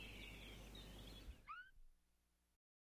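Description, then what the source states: Bird giving a single rising chirp after about a second and a half of broad hiss and low rumble. Birds chirping, both distant and up-close.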